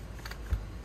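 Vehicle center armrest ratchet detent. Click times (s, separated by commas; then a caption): 0.3 s. The center console armrest of a 2022 Ridgeline is lifted through its ratcheting height positions, and its plastic mechanism gives two quick clicks at about 0.3 s and 0.3 s, followed by a dull low thump near 0.5 s. The ratchet catches and holds the armrest in place so it won't move.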